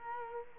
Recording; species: mosquito wingbeat signal from an infrared sensor; Culex quinquefasciatus